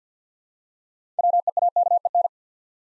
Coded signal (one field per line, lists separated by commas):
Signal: Morse code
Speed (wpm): 50 wpm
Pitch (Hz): 700 Hz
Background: none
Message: WEAKEN